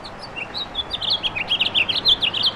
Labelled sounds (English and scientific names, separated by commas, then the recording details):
House Finch (Haemorhous mexicanus) song
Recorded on Long Island, New York, on 17 May 2012
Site AB
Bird C